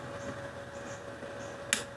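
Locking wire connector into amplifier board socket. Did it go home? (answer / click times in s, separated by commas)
yes / 1.7 s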